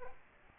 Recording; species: mosquito wingbeat signal from an infrared sensor; Aedes aegypti